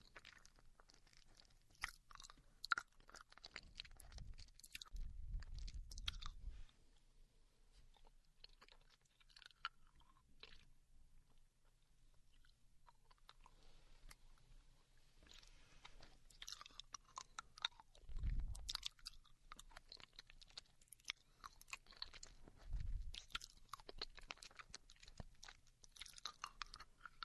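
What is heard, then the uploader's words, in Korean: Crunching and chewing of hard candy comes in bursts with sharp bright clicks, low thumps around five, eighteen and twenty-three seconds. 사탕 먹는 여친.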